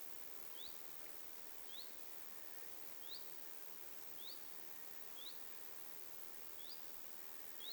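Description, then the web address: Common chiffchaff giving seven brief upslurred 'hweet' calls at intervals over a quiet, hissy background. Two chiffchaffs giving 'hyit' calls, 21 August 2026. "paivat 21 8 2026 kaksi tiltalttilintua hyit-tiltaltteja"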